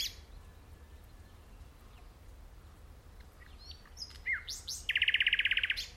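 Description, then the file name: Common nightingale song starting with faint sweeps, then sharp rising notes followed by a fast, loud rattling trill of repeated notes near the end. "Luscinia megarhynchos"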